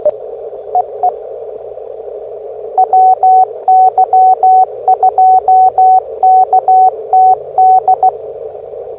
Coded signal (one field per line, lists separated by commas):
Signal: Morse code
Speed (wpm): 16 wpm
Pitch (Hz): 750 Hz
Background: radio noise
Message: EE WY2KTD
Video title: Let’s Play: Morse Runner!